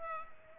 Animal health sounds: mosquito wingbeat signal from an infrared sensor; Culex pipiens

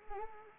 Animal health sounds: mosquito wingbeat signal from an infrared sensor; Anopheles arabiensis

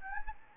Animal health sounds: mosquito wingbeat signal from an infrared sensor; Anopheles gambiae

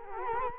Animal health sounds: mosquito wingbeat signal from an infrared sensor; Culex quinquefasciatus

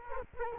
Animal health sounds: mosquito wingbeat signal from an infrared sensor; Culex quinquefasciatus

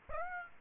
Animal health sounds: mosquito wingbeat signal from an infrared sensor; Aedes aegypti

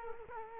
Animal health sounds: mosquito wingbeat signal from an infrared sensor; Culex quinquefasciatus

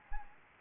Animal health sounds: mosquito wingbeat signal from an infrared sensor; Anopheles gambiae

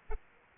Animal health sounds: mosquito wingbeat signal from an infrared sensor; Aedes aegypti

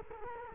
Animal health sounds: mosquito wingbeat signal from an infrared sensor; Culex quinquefasciatus

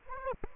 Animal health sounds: mosquito wingbeat signal from an infrared sensor; Aedes aegypti

